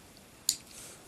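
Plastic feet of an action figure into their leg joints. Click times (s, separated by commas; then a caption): 0.5 s. The plastic feet of a Robots in Disguise 2015 Deployers Fracture action figure are flipped up into their leg joints. A single sharp, bright click sounds at 0.5 s against a quiet background. The feet click into place and are seated.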